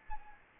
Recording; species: mosquito wingbeat signal from an infrared sensor; Anopheles gambiae